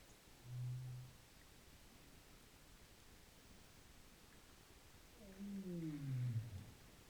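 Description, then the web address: Rorqual calls underwater: a short low steady tone, then after a pause a longer downsweeping moan with harmonics, over constant low ocean hiss. Recorded in Norway. "rorqual Norvege 20221223 034405"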